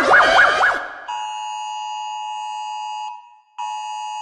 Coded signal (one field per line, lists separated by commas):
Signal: Emergency Alert System (SAME) tones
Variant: 853 and 960 Hz attention tone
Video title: The EAS Saga (AI Sponge Rehydrated)